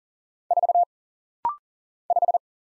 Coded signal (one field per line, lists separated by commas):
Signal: Morse code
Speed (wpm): 40 wpm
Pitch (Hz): 700 Hz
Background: none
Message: 4 5